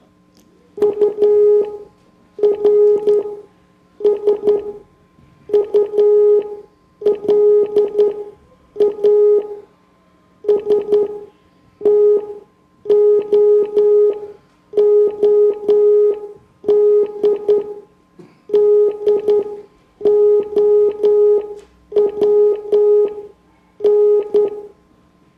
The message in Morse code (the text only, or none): URSULA STOOD DOWN